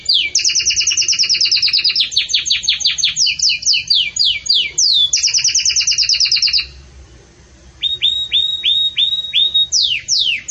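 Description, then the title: Belgian canary song: fast rattling trills of high notes, a brief pause, then a series of clear repeated whistles. Canary song of the "campainha" style, pure, with pauses, used for training. "Canto Canário Belga Campainha Puro Com Pausa Para Treinamento"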